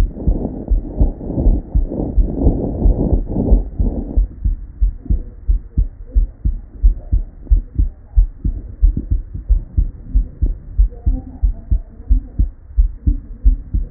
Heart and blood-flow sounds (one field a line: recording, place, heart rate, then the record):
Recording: heart sounds by stethoscope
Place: Erb's point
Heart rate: 89 bpm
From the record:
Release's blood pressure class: hypertension stage 1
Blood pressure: 124/83 mmHg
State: at rest